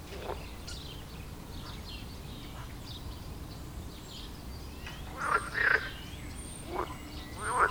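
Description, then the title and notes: Frog croaks, a few rasping calls rising from quiet background hiss in the last seconds. Frog chorus at the village pond in Wohlsborn, Germany; recorded with a TASCAM DR-40X. "Wohlsborn, Deutschland - Froschkonzert. Frog concert. Froschkonzert am Dorfteich in Wohlsborn"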